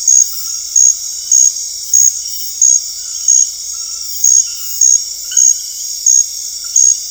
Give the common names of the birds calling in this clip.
none